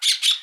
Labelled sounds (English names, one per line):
Brown-throated Parakeet contact call